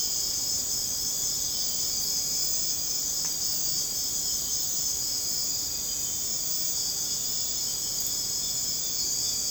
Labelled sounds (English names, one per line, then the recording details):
none
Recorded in secondary vegetation near Puerto Asís, Putumayo, Colombia, on 21 March 2025 at 02:00
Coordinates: 0.485, -76.322
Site G040